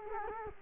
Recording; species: mosquito wingbeat signal from an infrared sensor; Culex quinquefasciatus